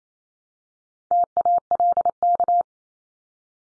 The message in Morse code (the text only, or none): TALK